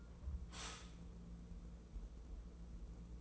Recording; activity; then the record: daily activity, microphone in the room; stop toaster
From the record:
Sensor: 1